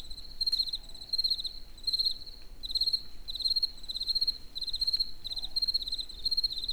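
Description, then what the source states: Cricket calling in bright, rapid pulse bursts, repeating steadily; a few faint clicks and low rumble in the background. In nature near the Eger tourist house (Egerturistaház).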